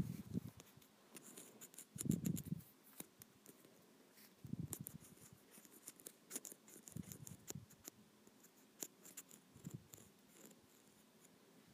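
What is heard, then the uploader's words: Something is scratched across a textured plastic surface in uneven bursts, each a gritty, crackling rasp with many sharp clicks. Heavier strokes with a low rub come near the start, around two seconds, and around five and seven seconds. Lighter ticks and scrapes fill the gaps. ASMR Scratching a Textured Plastic.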